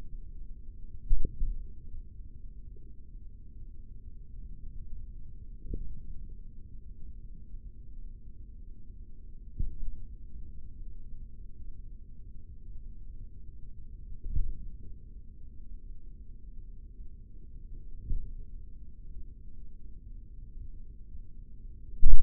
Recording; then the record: forearm muscle sounds (acoustic myography)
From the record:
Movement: finger pinch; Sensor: system 3, bracelet of six PUI Audio POM-2738L microphones around the upper forearm, with dedicated amplification and filtering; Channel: 6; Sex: male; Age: 56 years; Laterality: right